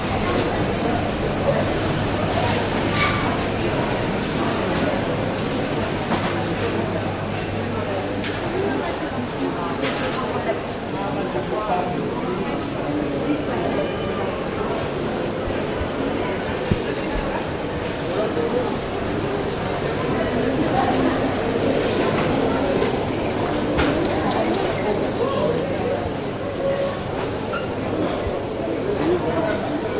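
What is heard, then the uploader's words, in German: Inside a French market hall, a dense crowd of voices fills the space with steady, overlapping chatter at a constant level throughout. Occasional short clinks and knocks poke through, and a low hum sits underneath the murmur. ASMR in einer französischen Markthalle: Ambient 3D-Sound zum Einschlafen. In der Markthalle von St.-Jean-de-Luz.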